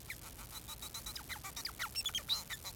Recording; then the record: song of a male Bengalese finch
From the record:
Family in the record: son of father 4